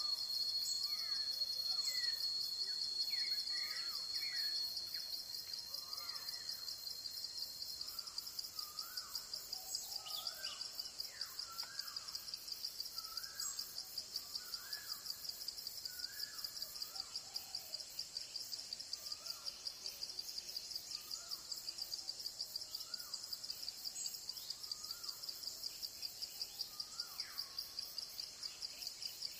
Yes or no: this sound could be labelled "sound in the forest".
yes